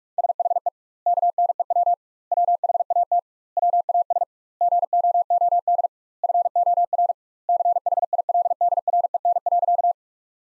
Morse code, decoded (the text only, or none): SHE KNEW WHAT WAS GOOD FOR CHILDREN.